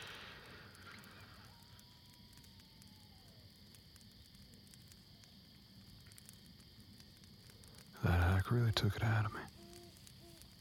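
Campfire crackle runs as a soft, steady hiss with faint pops, broken near eight seconds by a loud burst of honking, goose-like calls.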